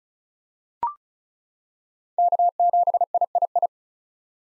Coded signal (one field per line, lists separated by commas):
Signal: Morse code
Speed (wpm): 36 wpm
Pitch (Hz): 700 Hz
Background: none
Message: K7III